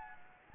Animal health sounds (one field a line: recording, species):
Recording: mosquito wingbeat signal from an infrared sensor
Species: Anopheles gambiae